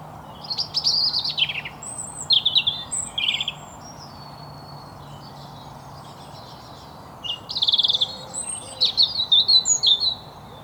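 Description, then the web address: European robin delivering short, liquid high phrases of warbles and descending slurs, separated by pauses, with a faint low hum in the background. "SETE data Erithacus rubecula"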